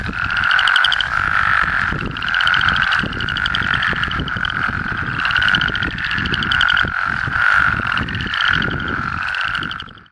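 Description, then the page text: Plains spadefoot calls in a dense chorus, rasping pulsed croaks overlapping one another without pause, with low thudding noise underneath. Arkansas. "Herps of Arkansas: Plains Spadefoot (Spea bombifrons)"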